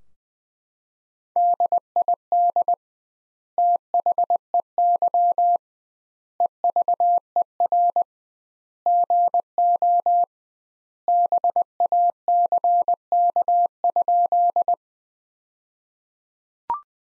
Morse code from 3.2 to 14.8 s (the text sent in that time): THEY EVER GO BACK?